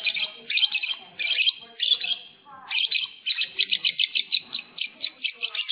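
Lovebird chirping in fast shrill bursts, a brief gap, then a steady run of quick repeated squeaky chirps to the end.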